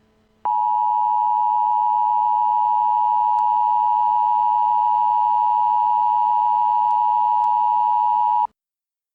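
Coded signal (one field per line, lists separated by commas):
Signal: Emergency Alert System (SAME) tones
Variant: 853 and 960 Hz attention tone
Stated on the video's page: Remastered fictional EAS scenario.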